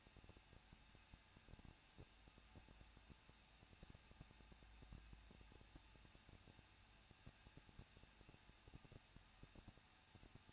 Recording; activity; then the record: daily activity, microphone in the room; no activity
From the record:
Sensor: 2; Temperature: 21.0 degrees Celsius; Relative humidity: 37.4%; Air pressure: 1006.2 hPa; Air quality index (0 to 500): 222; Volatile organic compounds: 24 ppm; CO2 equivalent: 2821 ppm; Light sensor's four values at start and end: 2/3/2/2 and 2/3/2/2